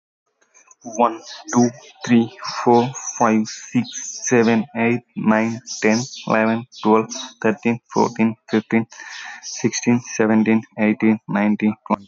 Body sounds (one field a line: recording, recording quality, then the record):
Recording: counting at a normal pace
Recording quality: excellent, no background noise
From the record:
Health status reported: healthy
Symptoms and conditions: none ticked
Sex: male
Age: 28 years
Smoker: not ticked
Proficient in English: yes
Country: India